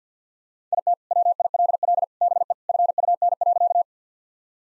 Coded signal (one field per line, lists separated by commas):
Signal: Morse code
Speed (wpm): 50 wpm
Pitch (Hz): 700 Hz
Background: none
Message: IT WILL BE FUN.